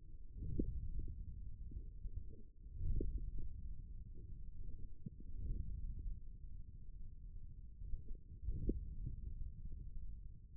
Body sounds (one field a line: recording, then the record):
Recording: forearm muscle sounds (acoustic myography)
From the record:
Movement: forearm pronation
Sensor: system 1, eight BSWA MPA416 microphones around the upper forearm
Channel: 2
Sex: male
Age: 41 years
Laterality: right